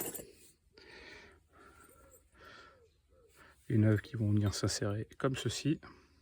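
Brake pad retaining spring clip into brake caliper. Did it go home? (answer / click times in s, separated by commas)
no / none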